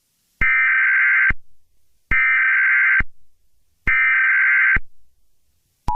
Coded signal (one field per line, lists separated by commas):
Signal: Emergency Alert System (SAME) tones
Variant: header bursts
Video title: Eas scenario 3 solar eclipse ( from my second account)